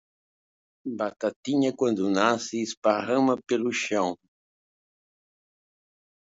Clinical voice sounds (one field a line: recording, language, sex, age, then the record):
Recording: short text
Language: Brazilian Portuguese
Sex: male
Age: 70 to 79 years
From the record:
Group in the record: control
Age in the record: 72 years